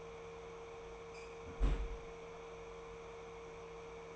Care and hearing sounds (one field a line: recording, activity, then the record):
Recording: daily activity, microphone in the room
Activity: close fridge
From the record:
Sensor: 1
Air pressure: 1015.0 hPa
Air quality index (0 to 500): 193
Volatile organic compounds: 21 ppm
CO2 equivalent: 2728 ppm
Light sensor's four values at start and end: 31/76/32/39 and 26/65/28/33